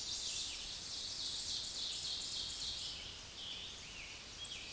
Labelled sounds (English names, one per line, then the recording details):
Ovenbird song
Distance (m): 40 m
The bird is about level with the microphone
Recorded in a Pennsylvania forest on 16 May 2024 at 06:36
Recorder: AudioMoth, point MSD-2391
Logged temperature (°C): 15.0 °C
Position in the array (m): 135 m, 5 m